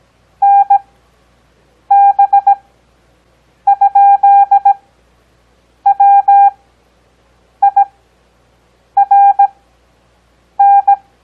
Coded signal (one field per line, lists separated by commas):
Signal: Morse code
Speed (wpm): 17 wpm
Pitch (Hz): 800 Hz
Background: none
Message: NB?WIRN